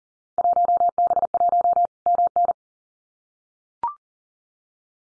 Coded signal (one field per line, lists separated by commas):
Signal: Morse code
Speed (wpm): 38 wpm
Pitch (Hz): 700 Hz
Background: none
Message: 1B1 MN